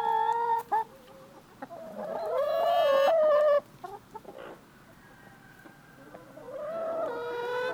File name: chicken clucking